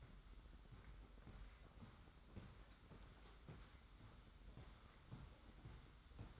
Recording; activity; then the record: daily activity, microphone in the room; walk to room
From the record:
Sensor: 3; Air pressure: 991.1 hPa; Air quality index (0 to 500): 104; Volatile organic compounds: 39 ppm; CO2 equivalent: 3130 ppm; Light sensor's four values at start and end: 44/123/50/44 and 44/122/50/43